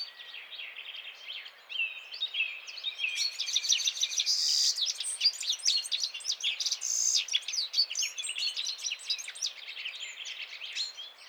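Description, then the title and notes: Citril finch song swelling from scattered chirps into a thick, overlapping chatter of bright twittering and buzzy notes. Males singing in a gathered flock before females at end of winter, 17 March 2017, Vallon de Combeau, Drôme, France, mountains; recorded with Nagra Seven and Telinga P7. "Printemps de Venturon. Vallon de Combeau - Drôme"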